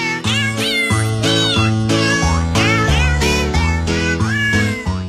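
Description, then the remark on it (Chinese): A cat meows over and over for about five seconds, a steady run of loud, rising and falling cries with no one talking. “有一回他吃饭的时候发现他们家猫主子不在了，二话不说就让所有仆人下去找去，直到猫主子上桌之后他才能安心吃饭。”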